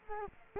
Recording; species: mosquito wingbeat signal from an infrared sensor; Culex quinquefasciatus